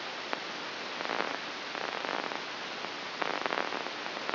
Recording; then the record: brain microelectrode recording played as sound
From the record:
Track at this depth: inside the subthalamic nucleus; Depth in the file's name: 2.945 mm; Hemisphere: right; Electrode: 2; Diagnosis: Parkinson's disease